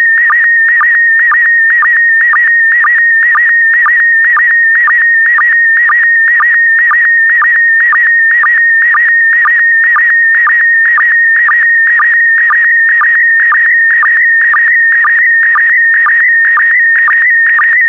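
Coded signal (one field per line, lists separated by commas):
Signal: SSTV (slow-scan television)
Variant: PD120 mode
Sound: steady warbling tone near 1.9 kHz, clicking with a low sync blip twice per second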